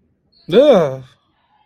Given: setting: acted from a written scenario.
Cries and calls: vocal sound without words; fear

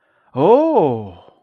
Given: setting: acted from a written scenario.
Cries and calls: vocal sound without words; realization

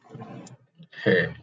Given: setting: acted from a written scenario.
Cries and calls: vocal sound without words; embarrassment

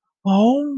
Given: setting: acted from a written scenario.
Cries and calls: vocal sound without words; positive surprise

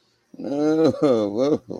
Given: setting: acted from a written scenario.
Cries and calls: vocal sound without words; sadness

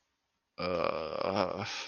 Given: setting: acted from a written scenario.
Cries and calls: vocal sound without words; guilt

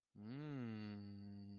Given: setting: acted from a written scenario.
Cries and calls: vocal sound without words; desire

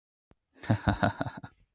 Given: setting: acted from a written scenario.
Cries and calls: vocal sound without words; triumph

